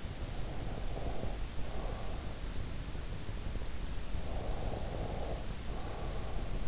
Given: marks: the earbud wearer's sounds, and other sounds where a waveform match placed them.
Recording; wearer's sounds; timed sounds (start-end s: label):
sounds in sleep by an in-ear microphone; breath
0.44-2.53 s: breath
4.35-6.68 s: breath